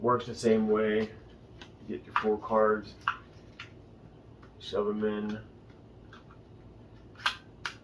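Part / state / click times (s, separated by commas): card stack into card wallet holder / seated / 7.3 s, 7.7 s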